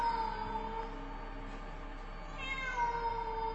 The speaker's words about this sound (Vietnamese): Bất ngờ đâu một con mèo đen nhảy từ trên mái ngói, ngó chân chân vào trong phòng qua ô kính. Trong đêm, tiếng mèo kêu vang lên làm cho Thảo My rùng mình, kinh hãi.